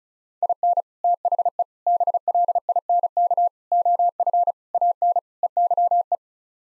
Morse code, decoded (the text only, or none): IN THE BLINK OF AN EYE